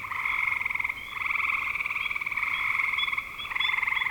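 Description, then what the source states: Frogs calling in a chorus of pulsed, buzzy trills in two steady bands, with brief high chirps scattered over the top and a short dip near one second. Frogs recorded in spring 2025.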